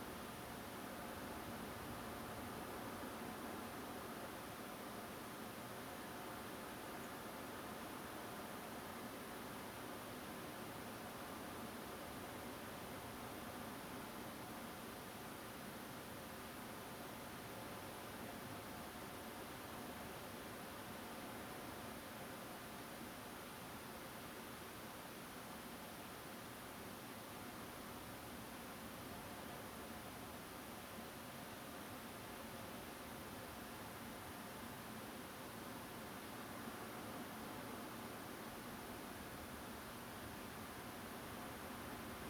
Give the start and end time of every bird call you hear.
[7.03, 7.07] Turdus philomelos (6.7-9.0 kHz)

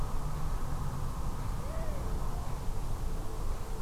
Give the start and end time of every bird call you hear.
[1.60, 2.01] Asio otus (0.4-2.6 kHz)

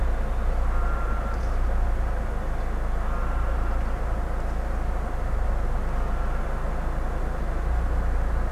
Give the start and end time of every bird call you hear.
[0.69, 1.38] Anser anser (1.2-1.6 kHz)
[2.97, 3.80] Anser anser (1.0-1.7 kHz)
[5.84, 6.44] Anser anser (1.1-1.6 kHz)

